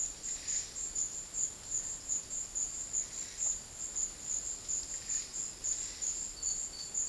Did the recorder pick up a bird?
no